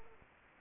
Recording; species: mosquito wingbeat signal from an infrared sensor; Anopheles gambiae